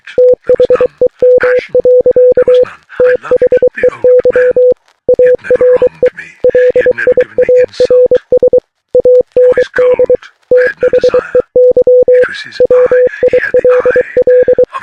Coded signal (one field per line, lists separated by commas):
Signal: Morse code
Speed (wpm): 23 wpm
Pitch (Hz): 500 Hz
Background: speech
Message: THEM. THEY ARE LIARS AND THEY WILL